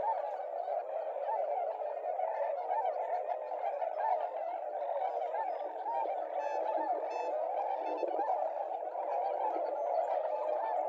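Tundra swan flock giving a continuous mass of overlapping honks and mellow hoots.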